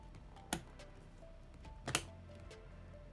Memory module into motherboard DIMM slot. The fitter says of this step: I like to apply force on the bottom and then the top so you're going to hear two clicks